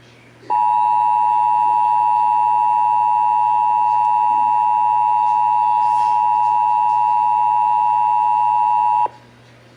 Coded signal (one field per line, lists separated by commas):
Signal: Emergency Alert System (SAME) tones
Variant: 853 and 960 Hz attention tone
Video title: (EAS #509) Severe Thunderstorm Warning (WBAP-AM)